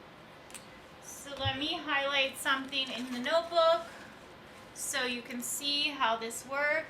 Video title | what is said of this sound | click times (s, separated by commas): Work-From-Home Essentials Unveiled | if you hear the snap | 0.5 s